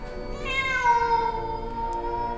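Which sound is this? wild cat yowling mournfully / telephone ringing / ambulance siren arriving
wild cat yowling mournfully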